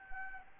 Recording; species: mosquito wingbeat signal from an infrared sensor; Anopheles arabiensis